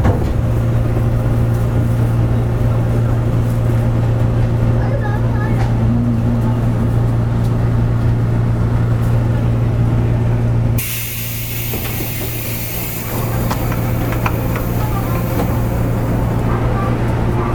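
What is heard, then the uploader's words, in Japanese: Running sound aboard a 415-series local train on the Nippo Line: a steady low hum with a constant drone and rumble throughout. Near eleven seconds the sound abruptly changes, the low rumble thinning while a bright, airy hiss rises and continues to the end. JR九州の415系の走行音です。日豊線の普通電車にて収録。区間は、大分から別府までです。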